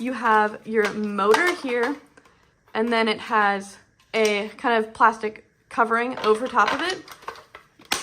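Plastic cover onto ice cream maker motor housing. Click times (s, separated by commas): 7.9 s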